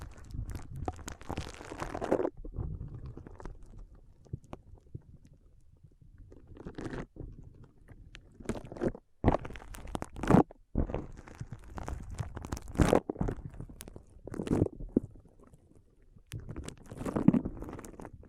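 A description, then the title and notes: Foam being squeezed and rubbed in a brain massage, with soft crinkling, crunching bursts and low rumbling scrunches. The pressing comes in irregular waves, busiest in the first two seconds and again from around nine to eighteen seconds, separated by quieter, sparser stretches. ASMR Powerful Foam Brain Massage.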